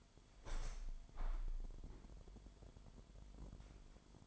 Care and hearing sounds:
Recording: daily activity, microphone in the room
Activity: open window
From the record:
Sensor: 5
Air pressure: 998.6 hPa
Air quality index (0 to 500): 104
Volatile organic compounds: 2 ppm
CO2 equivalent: 1203 ppm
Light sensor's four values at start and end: 41/102/42/48 and 41/101/42/47

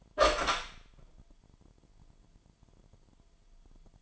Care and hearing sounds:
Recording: daily activity, microphone in the room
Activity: open door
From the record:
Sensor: 5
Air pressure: 998.5 hPa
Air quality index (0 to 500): 82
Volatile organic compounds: 1 ppm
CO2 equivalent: 933 ppm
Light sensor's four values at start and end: 34/81/34/37 and 34/82/34/38

